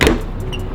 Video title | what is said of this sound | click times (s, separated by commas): 5th Gen 4Runner Behind the Grille Lightbar Install | then to the side we'll just push it in and it'll lock into place | 0.0 s